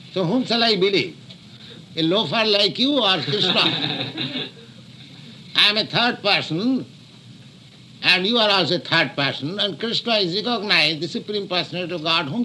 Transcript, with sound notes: So whom shall I believe—a loafer like you, or Kṛṣṇa? [laughter] I am a third person, and you are also a third person, and Kṛṣṇa is recognized the Supreme Personality of God.